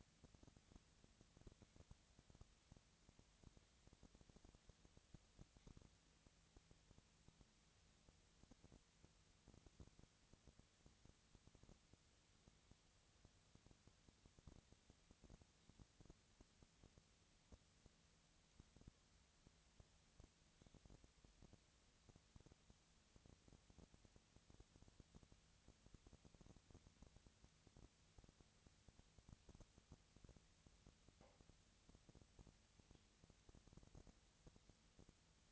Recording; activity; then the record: daily activity, microphone in the room; no activity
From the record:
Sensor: 3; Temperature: 20.6 degrees Celsius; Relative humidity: 35.7%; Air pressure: 998.8 hPa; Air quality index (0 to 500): 236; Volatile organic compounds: 71 ppm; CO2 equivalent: 3527 ppm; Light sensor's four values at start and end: 2/3/2/2 and 2/3/2/2